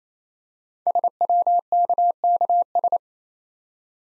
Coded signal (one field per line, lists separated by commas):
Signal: Morse code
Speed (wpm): 29 wpm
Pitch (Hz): 700 Hz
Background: none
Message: SWKKS